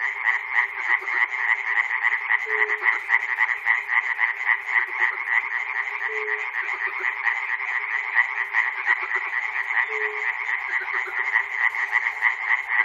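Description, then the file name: Dense frog chorus, croaks tumbling over one another at a fast pace, with three short low hums spaced a few seconds apart. Frogs recorded at Chernobyl. "peter cusack-chernobyl frogs"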